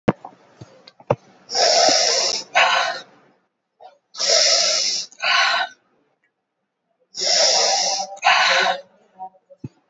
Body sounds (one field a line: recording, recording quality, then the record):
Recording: deep breathing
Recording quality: excellent, no background noise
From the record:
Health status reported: recovered from COVID-19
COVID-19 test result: positive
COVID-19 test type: RT-PCR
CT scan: taken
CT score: 12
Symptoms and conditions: cough, fever, fatigue, another condition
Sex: female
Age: 65 years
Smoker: no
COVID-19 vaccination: both doses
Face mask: not worn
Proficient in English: yes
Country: India